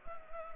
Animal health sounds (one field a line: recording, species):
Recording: mosquito wingbeat signal from an infrared sensor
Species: Anopheles gambiae